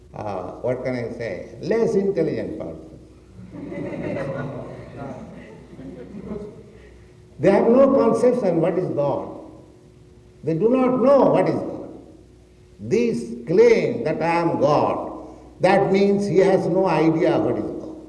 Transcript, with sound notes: what can I say, less-intelligent persons. [laughter] They have no conception what is God. They do not know what is God. This claim that "I am God," that means he has no idea what is God.